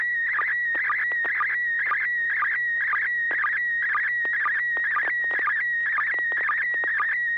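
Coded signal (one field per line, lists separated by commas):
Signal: SSTV (slow-scan television)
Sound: warbling, chirping tone around 2 kHz with rhythmic low clicks about twice a second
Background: steady low hum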